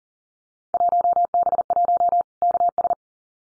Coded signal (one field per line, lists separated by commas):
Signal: Morse code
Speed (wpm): 40 wpm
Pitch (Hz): 700 Hz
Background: none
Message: 1B1 KS